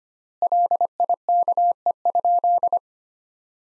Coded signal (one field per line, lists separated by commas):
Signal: Morse code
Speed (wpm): 25 wpm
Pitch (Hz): 700 Hz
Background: none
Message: LIKE?